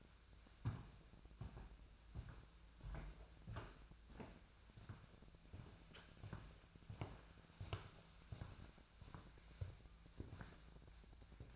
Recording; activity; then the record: daily activity, microphone in the room; walk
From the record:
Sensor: 2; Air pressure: 1008.2 hPa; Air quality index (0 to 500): 179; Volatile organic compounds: 10 ppm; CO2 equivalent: 2208 ppm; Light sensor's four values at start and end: 13/33/14/15 and 13/31/13/14